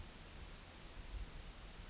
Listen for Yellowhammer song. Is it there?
no